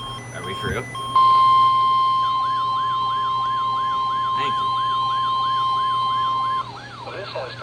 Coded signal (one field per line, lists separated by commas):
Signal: Emergency Alert System (SAME) tones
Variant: 1050 Hz attention tone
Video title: NWS Boston + Gray Required Weekly Tests - 10/22/25 (EAS #2,392-2,397)